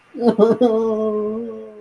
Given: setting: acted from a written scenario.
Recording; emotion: vocal sound without words; sadness